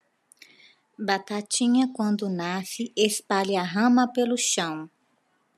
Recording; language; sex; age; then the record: short text; Brazilian Portuguese; female; 40 to 49 years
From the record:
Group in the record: control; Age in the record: 42 years